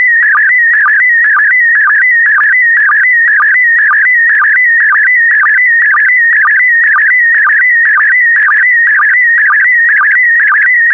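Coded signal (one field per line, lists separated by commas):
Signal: SSTV (slow-scan television)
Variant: PD120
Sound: warbling tone sweeping around two kilohertz, with a low blip about twice a second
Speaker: the next image transmission will start in 10 seconds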